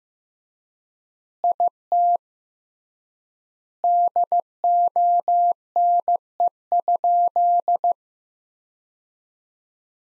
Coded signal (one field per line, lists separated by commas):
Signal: Morse code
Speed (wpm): 15 wpm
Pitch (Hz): 700 Hz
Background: none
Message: IT DONE?